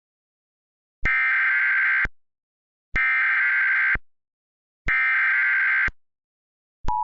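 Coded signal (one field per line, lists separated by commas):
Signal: Emergency Alert System (SAME) tones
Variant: header bursts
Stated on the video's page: Recreated EAS alert for a strengthening storm.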